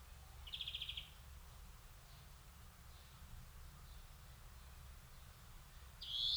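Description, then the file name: European greenfinch call: one brief buzzy trill near the start, then quiet, with another harsh note beginning right at the end over a low background hum. "Chloris chloris"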